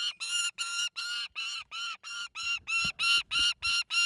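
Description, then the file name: Saker falcon calling with repeated harsh squawking screeches about three per second, with soft low rustling or thumping in the second half. Nervous, high-pitched squawking, screeching cries. "saker falcon tosia call squawk screech scream cry high nervous"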